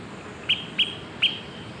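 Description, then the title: Smoke-colored pewee uttering three short, bright pips in quick succession, each a sharp high note. Subspecies zarumae. "LuckyPassaro Completos2Sama. Smoke-colored Pewee (Contopus fumigatus zarumae)"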